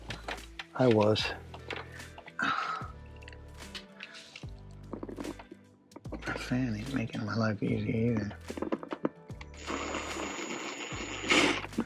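A power driver drives a screw in a slow-rise roller shade's mounting bracket to remove or refit the bracket, running with a steady whir from about 9.6 to 11.3 s while someone talks and music plays. The screw or its hole strips out, so nothing has seated or clicked.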